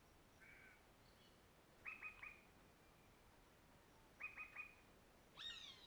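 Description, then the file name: Bird song: quick triplets of bright chirps repeated twice, with a softer note at the start and a downslurred harmonic note at the end, against quiet background hiss. Several different birds, some nearer than others, recorded in the late afternoon. "Passaros diferentes, alguns mais perto, em fim de tarde"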